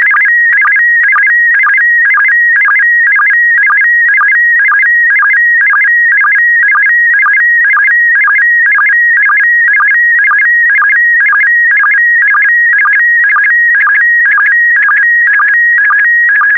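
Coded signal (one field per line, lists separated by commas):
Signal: SSTV (slow-scan television)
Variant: PD120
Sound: warbling electronic tone stepping between pitches, with a rhythmic low chirp twice a second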